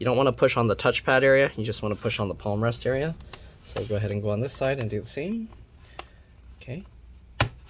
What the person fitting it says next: there you go I hear it popping out